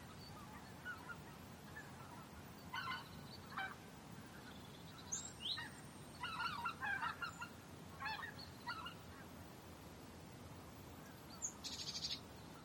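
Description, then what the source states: Tundra bean goose calls: faint honking notes in short bursts against steady low background noise. More than one bird.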